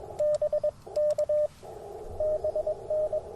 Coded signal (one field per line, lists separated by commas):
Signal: Morse code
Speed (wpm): 22 wpm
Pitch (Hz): 600 Hz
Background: radio noise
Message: BK BN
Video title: Morning Morse Code at Tuskegee National Forest K-4451 - 11/17/23